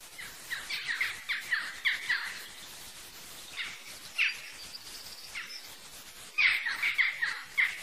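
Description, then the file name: Western jackdaw calls: short, sharp metallic 'chak' notes, a rapid cluster in the first two seconds, scattered single calls in the middle, then another quick burst near the end. "choucas des tours"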